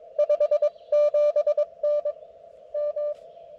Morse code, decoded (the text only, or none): 57N M